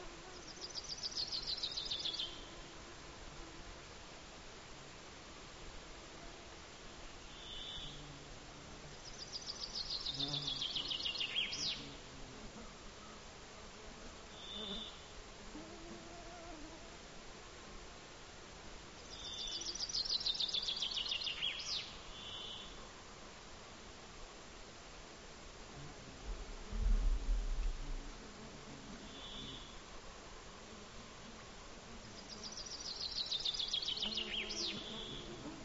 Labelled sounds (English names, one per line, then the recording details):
Common Chaffinch song
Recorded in the wild
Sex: male
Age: adult
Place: Halbinsel Kindo, Karelien, RU
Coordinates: 66.5469, 33.13
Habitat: taiga
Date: 1995-06-23 22:04
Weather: fair, no wind, 20°C
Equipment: Sony TCD-D3, Sennheiser MKH 70, Windkorb
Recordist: Frommolt, Karl-Heinz